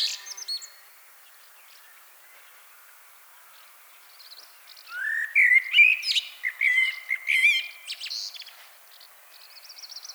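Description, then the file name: Common blackbird singing: scratchy high notes, a quiet stretch, then a rising fluted phrase with warbled whistles and sharp high twitters, ending in thin repeated notes. "Turdus merula"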